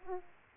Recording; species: mosquito wingbeat signal from an infrared sensor; Aedes aegypti